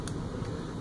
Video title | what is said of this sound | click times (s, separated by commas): Gigabot Heated Bed Voltage Change | gently grab with a needlenose and pull until I hear a click there you go they pop right into place | 0.1 s